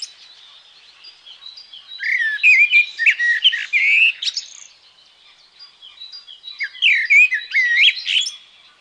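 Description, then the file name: Common blackbird song: two separate fluty warbling phrases with squeaky high twitters. "Merel"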